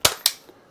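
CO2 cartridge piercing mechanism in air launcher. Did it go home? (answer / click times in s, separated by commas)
yes / 0.1 s, 0.3 s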